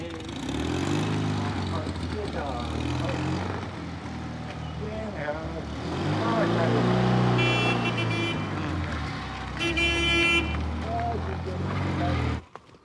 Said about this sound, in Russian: Яцек с собакой садится в машину и уезжает.